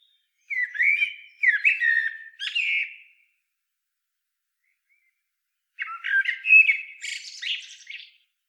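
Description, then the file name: Eurasian blackbird song: two separate phrases of fluty warbling notes with a quiet gap between, the second ending in high scratchy twitters. "Turdus merula"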